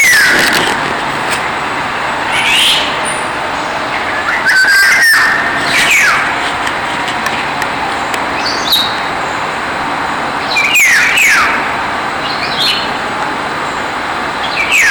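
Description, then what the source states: Eurasian golden oriole: a few short whistled slurs, spaced several seconds apart, over steady background noise. Recorded 21 July 2020.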